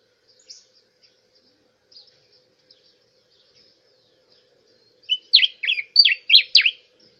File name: Canto da diuca